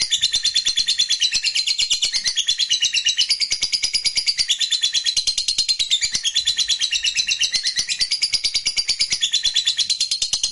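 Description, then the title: Lovebird pouring out nonstop rapid, buzzy chattering song, high and scratchy, with a steady fast pulse. Fighter-type lovebird singing energetically, described as gacor. "SUARA Lovebird FIGHTER GACOR"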